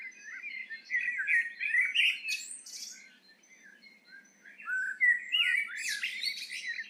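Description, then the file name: Eurasian blackbird delivering two fluty, wandering phrases, each trailing off into high, squeaky twitter notes, separated by a brief quiet gap. "Turdus merula"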